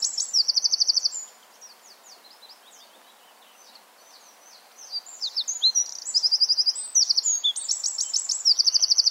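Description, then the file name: Eurasian wren, a short trill, then quiet scattered high notes, followed by a long, loud outburst of piercing trills and rattles lasting about four seconds. "Troglodytes troglodytes"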